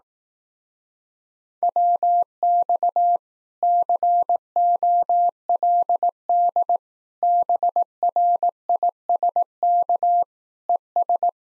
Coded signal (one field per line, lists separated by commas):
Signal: Morse code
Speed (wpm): 18 wpm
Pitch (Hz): 700 Hz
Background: none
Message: WX COLD BRISK ES